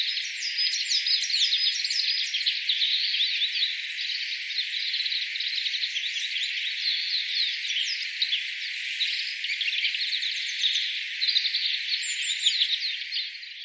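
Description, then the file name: Oriental greenfinch twittering: steady overlapping high chirps and quick trilled notes that go on throughout, fading slightly at the end. "kawara"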